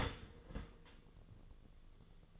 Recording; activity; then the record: daily activity, microphone in the room; start toaster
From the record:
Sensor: 4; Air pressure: 1001.1 hPa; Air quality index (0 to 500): 162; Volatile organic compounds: 2 ppm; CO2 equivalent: 1184 ppm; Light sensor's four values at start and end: 17/39/16/18 and 16/38/16/17